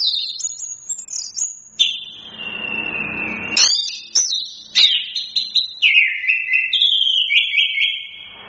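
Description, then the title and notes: Chestnut-capped thrush singing a long run of sweet whistled notes, mostly high and level, dropping in steps, with brief breaks and faint background hiss. Training recording for songbirds. "Masteran Anis Kembang"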